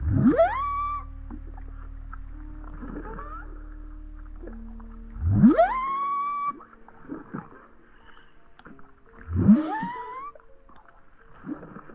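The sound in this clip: Whale calls: steep rising whoops sweeping up to a high held tone, repeated three times about every four to five seconds, with softer grunts and moans between them.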